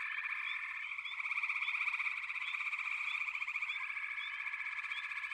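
Frogs calling together in a continuous shrill trilling chorus, with short rising chirps repeated over the steady drone.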